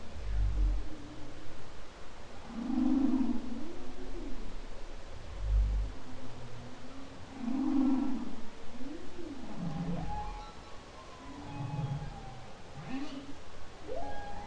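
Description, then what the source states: Humpback whale song: low grunts, buzzy moans and looping swoops repeat in a cycle, then long whistled notes follow, over underwater hiss. Humpback whale song, October 2012.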